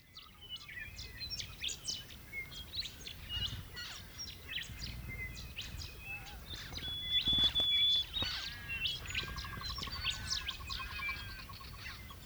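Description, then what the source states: Zebra finches calling together, rapid short chirps and clicks, a brief buzzy run later on, and a thin whistled tone held for a moment. More than one zebra finch.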